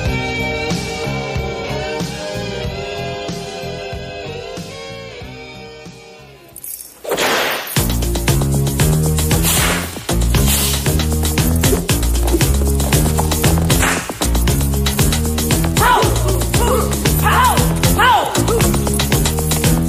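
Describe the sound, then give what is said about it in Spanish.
Upbeat music with a steady beat, punctuated by sharp whip cracks that snap out loudly every so often. A sweeping whoosh leads into the louder, fuller section. “Madre Mía con los latigazos”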